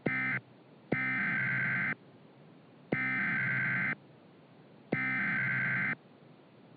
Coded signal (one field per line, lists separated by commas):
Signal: Emergency Alert System (SAME) tones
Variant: header bursts